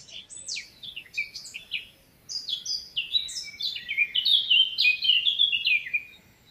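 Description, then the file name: Eurasian blackcap in nearly continuous song, high scratchy warbling flowing into a series of loud, mellow fluted notes, with one brief pause. "Sylvia atricapilla"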